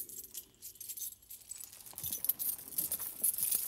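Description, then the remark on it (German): Metallic jangling of keys with light clinks and rattles, growing busier and louder in the second half, as a prisoner's chains are unlocked in a dungeon, with no voices. “Und weil du so viel gelitten hast, so komme ich selbst in den Kerker, um dir die Ketten abzunehmen. Gebt mir den Schlüssel.”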